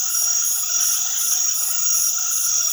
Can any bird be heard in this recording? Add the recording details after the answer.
no. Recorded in secondary vegetation near Puerto Asís, Putumayo, Colombia, on 20 February 2024 at 20:30. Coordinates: 0.500, -76.326. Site G6428